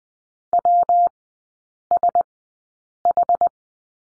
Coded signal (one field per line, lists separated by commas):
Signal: Morse code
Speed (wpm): 20 wpm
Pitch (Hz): 700 Hz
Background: none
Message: WSH